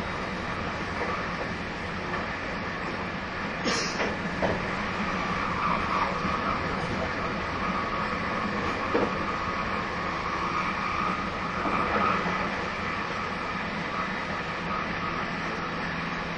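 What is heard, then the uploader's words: A train runs steadily with a dense, continuous rumble and rattle, the loudness staying even throughout. A low drone sits underneath, and brief higher squeaks and clanks stand out around four seconds and again near twelve seconds. 225系 700 新快速23号 01/01:野洲～姫路. 有料座席＂Aシート＂専用車両として新造された車両が225系-700です。 その車両のロングラン運転となる＂新快速23号＂の列車走行音(静止画)です。 収録年月:2023,12. The train running sound.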